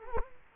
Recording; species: mosquito wingbeat signal from an infrared sensor; Culex quinquefasciatus